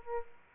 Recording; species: mosquito wingbeat signal from an infrared sensor; Aedes aegypti